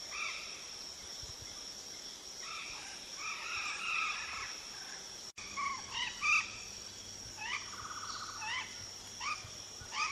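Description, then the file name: Golden parakeet gives short, harsh arched squawks in loose groups, with one buzzy trilled note, while insects drone steadily in the background. "canto do guaruba"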